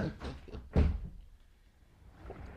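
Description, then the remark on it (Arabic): A door is pulled shut behind someone leaving, with a single solid, low thump, preceded by a few softer knocks and shuffling, then fading into quiet background hiss. “اقفل الشباك. طب خد الباب وراك.”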